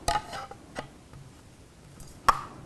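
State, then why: Partly seated. A steel rock-and-lock Galil rifle magazine is rocked into the magazine well of an IWI Ace-21 pistol, producing a sharp metallic impact at about 0.1 s, lighter rattles, and a louder click at 2.3 s. Even after the click, the magazine is not fully seated.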